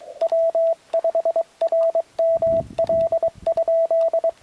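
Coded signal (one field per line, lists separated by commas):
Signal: Morse code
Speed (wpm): 23 wpm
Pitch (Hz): 660 Hz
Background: radio noise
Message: W5RML?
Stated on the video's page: QRP contest operation on 20m from a mountain bike stop at about 8800 ft, using an IC703 and a Buddipole whip with coil.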